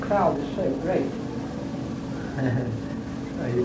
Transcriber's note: chuckles